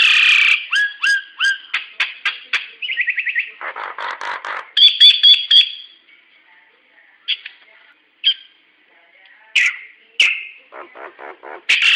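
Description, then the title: Hill myna calls: loud whistles and harsh squawks, then rapid clicking chatter and a buzzy rattle, with sharp whistled notes breaking up short pauses. "Burung jalak nias"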